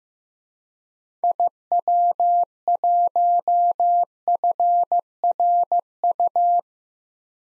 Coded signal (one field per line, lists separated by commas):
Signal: Morse code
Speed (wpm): 15 wpm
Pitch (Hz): 700 Hz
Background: none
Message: IW1FRU